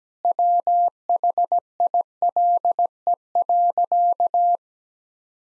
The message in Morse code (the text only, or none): WHILE.